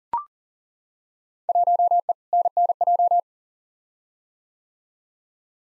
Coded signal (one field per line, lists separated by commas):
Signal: Morse code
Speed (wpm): 40 wpm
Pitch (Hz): 700 Hz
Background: none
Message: 1E NNJ